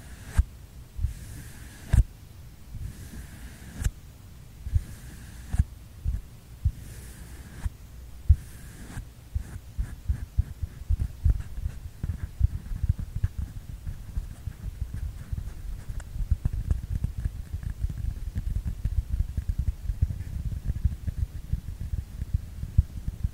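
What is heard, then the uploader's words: A paper tube is handled, giving low, hollow thumps and soft bumps. The first ten seconds hold sparse knocks and brief papery swishes, then the tapping grows dense and fast, a steady rumbling patter of low thuds that continues to the end. PAPER TUBE SOUND ASMR.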